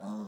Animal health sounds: pig call; piglet (1 to 25 days)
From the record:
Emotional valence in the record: negative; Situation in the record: long isolation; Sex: male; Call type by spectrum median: low-frequency call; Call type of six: low-frequency modulated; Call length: 0.28 s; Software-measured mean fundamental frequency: 52 Hz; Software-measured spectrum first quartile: 209 Hz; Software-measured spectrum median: 289 Hz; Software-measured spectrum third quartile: 778 Hz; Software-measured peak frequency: 207 Hz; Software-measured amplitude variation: 60 dB a second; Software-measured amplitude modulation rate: 8.8 a second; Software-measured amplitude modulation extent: 6.8 dB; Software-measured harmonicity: 7.3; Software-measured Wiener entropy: -0.85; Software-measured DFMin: 1160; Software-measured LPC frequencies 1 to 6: 3774, 5310, 6193, 7675, 8635, 9449 Hz

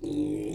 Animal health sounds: pig call; weaner (32 to 43 days)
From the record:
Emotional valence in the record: negative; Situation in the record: long isolation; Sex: female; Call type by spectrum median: low-frequency call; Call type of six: low-frequency stable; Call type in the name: low-frequency stable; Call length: 0.55 s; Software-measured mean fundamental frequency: 60 Hz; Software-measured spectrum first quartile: 281 Hz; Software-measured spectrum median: 330 Hz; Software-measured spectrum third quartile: 476 Hz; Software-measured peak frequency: 314 Hz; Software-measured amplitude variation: 116 dB a second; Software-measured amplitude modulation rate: 30.1 a second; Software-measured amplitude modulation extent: 3.9 dB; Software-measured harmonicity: 6.8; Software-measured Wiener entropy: -0.60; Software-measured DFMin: 1494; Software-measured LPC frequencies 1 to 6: 331, 2375, 3877, 4840, 6299, 7464 Hz

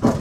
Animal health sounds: pig call; growing-finishing pig (85 days or more)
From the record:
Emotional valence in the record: positive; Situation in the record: run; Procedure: transit

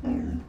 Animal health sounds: pig call; growing-finishing pig (85 days or more)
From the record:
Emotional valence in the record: negative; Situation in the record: barren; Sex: female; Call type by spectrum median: low-frequency call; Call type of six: low-frequency stable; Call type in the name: low-frequency stable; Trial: 1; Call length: 0.49 s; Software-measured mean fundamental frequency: 61 Hz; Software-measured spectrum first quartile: 141 Hz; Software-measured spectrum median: 236 Hz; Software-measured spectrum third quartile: 308 Hz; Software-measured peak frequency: 259 Hz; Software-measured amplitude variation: 158 dB a second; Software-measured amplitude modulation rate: 22.3 a second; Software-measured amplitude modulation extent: 7.1 dB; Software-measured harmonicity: 3.0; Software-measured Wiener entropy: -0.33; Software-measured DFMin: 1107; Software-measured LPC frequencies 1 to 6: 276, 1742, 2738, 3852, 4782, 5393 Hz

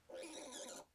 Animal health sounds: pig call; piglet (1 to 25 days)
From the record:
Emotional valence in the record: negative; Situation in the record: restrain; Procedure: back test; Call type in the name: high-frequency call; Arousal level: low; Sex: female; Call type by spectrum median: low-frequency call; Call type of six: high-frequency stable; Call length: 0.95 s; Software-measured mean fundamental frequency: 292 Hz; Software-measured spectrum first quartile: 572 Hz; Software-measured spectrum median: 2360 Hz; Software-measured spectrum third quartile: 6213 Hz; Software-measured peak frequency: 530 Hz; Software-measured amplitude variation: 136 dB a second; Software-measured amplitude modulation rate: 22.2 a second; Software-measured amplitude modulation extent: 6.1 dB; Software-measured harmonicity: 3.1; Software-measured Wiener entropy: -2.08

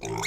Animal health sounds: pig call; weaner (32 to 43 days)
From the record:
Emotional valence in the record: negative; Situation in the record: short isolation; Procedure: open field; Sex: female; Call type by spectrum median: low-frequency call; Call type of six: mixed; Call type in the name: high-frequency modulated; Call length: 0.27 s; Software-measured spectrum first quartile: 491 Hz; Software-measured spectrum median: 1609 Hz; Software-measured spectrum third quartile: 3799 Hz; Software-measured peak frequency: 389 Hz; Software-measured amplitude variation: 110 dB a second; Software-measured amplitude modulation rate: 25.8 a second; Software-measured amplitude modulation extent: 4.3 dB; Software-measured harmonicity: 2.2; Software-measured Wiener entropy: -3.03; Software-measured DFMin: 1152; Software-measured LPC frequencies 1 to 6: 849, 2199, 3647, 4248, 5560, 6639 Hz

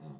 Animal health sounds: pig call; piglet (1 to 25 days)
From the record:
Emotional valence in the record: negative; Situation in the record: short isolation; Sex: female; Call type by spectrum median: low-frequency call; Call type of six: low-frequency stable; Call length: 0.20 s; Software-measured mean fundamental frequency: 51 Hz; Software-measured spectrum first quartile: 161 Hz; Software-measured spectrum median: 259 Hz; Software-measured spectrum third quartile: 721 Hz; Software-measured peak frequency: 151 Hz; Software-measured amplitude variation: 83 dB a second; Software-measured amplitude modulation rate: 22.8 a second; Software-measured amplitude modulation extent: 3.7 dB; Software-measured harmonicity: 4.0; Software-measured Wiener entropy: -0.45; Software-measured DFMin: 779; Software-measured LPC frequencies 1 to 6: 2601, 3694, 5521, 6600, 7704, 8727 Hz

